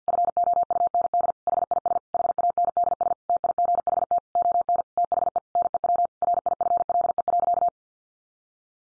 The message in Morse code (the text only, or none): FOUND HIS HANDS TIGHT ON THE NEW RIFLE.